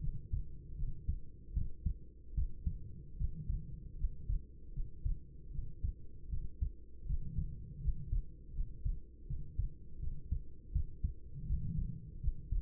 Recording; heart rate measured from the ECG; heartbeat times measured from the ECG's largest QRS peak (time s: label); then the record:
heart sounds by stethoscope; 79 bpm
0.75 s: heartbeat
1.53 s: heartbeat
2.34 s: heartbeat
3.16 s: heartbeat
3.96 s: heartbeat
4.72 s: heartbeat
5.50 s: heartbeat
6.29 s: heartbeat
7.05 s: heartbeat
7.80 s: heartbeat
8.53 s: heartbeat
9.26 s: heartbeat
9.98 s: heartbeat
10.71 s: heartbeat
11.45 s: heartbeat
12.19 s: heartbeat
From the record:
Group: healthy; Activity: rest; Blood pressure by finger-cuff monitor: 95/50 mmHg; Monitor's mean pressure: 65 mmHg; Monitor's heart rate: 78 bpm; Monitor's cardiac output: 7.3 L/min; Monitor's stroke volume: 92 mL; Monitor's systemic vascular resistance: 640 dyn s/cm5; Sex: female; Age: 26 years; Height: 165 cm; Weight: 55 kg